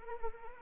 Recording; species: mosquito wingbeat signal from an infrared sensor; Anopheles arabiensis